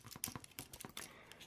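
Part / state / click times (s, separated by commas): plastic back panel of an action figure closing over the stored matrix accessory / seated / 0.2 s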